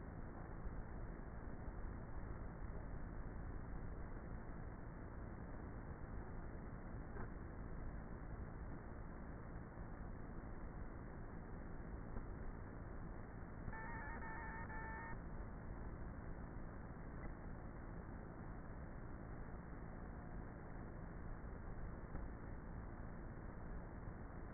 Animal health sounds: honeybee colony, microphone inside the hive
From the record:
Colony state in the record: queenless with a low population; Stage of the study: before two queens were removed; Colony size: about 30,000 bees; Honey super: no

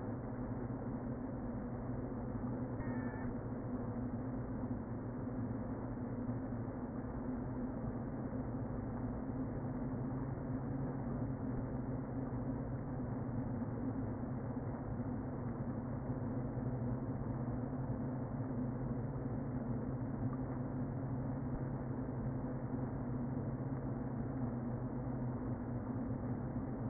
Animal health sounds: honeybee colony, microphone inside the hive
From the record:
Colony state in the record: queen present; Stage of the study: before two queens were removed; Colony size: about 60,000 bees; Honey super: yes

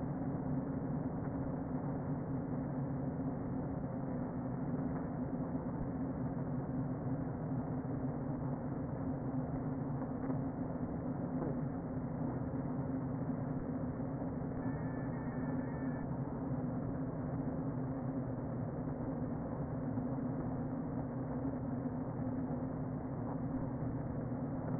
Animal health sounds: honeybee colony, microphone inside the hive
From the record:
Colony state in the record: queen present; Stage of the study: before two queens were removed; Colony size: about 60,000 bees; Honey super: yes

